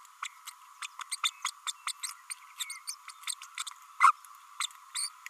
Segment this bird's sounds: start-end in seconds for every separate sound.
0.22-0.28, 0.47-0.50, 0.82-0.87, 0.99-1.03, 1.11-1.16, 1.23-1.30, 1.44-1.50, 1.66-1.72, 1.86-1.92, 2.03-2.12, 2.30-2.34, 2.59-2.64, 2.87-2.95, 3.27-3.34, 3.57-3.63, 4.00-4.12, 4.60-4.66, 4.94-5.09